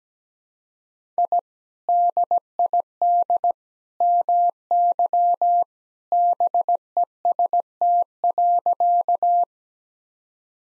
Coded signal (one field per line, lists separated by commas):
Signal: Morse code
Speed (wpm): 17 wpm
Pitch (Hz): 700 Hz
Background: none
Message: I DID MY BEST.